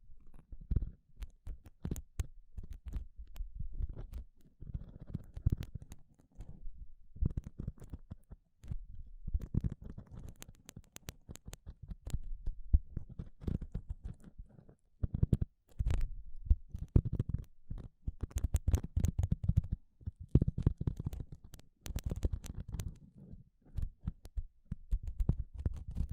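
Gloves being handled and rubbed, giving soft, muffled rustling in uneven bursts with brief quiet gaps between them. Sharp little snaps and taps cut through now and then, clustering more densely around the middle and the last third.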